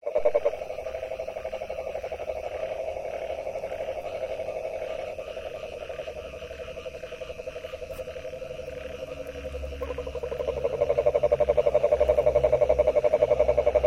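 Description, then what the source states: Frog giving rapid pulsed croaking calls that soften in the middle, then a louder, fast, evenly pulsed trill for the final few seconds. Recorded on 23 January 2022.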